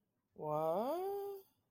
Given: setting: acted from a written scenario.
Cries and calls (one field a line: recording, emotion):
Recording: vocal sound without words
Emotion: confusion